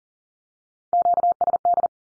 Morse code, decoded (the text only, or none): QSD